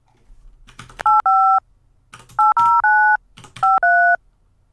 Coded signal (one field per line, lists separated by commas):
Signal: DTMF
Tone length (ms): 260 ms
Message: 85 809 53